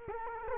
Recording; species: mosquito wingbeat signal from an infrared sensor; Culex quinquefasciatus